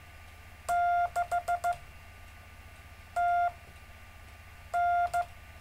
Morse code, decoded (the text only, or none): 6TN